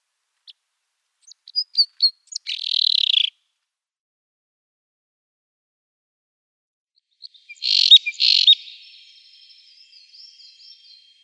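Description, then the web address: Common crossbill song: a few sharp high chips leading into buzzy, rattling trills, a pause, then another burst of chips and a fading twitter. "Schulze Peter Common Crossbill song"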